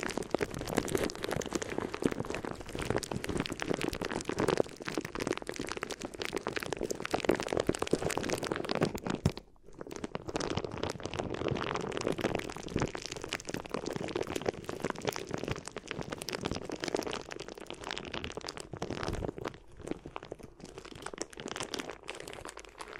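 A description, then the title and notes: Crinkly ear massage: dense, continuous crackling and crunching rustles with a steady texture, briefly dropping out near nine seconds before resuming. ASMR Addictive Crinkly Ear Massage (No Talking).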